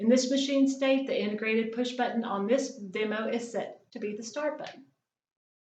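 Someone talks for about 4.9 seconds at a safety door interlock on a machine-guard door handle, whose integrated push button is set as the START button while the machine is in its stopped state; silence follows. The button has not been pressed, and the interlock has not yet clicked or locked.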